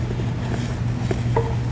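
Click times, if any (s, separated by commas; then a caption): 1.4 s. An accumulator component is slid onto the metal main housing of an Epiroc rock drill's return accumulator and pushed until it seats, over a steady low hum. A faint knock comes at 1.1 s, then a sharper click at 1.4 s as the part seats onto the housing.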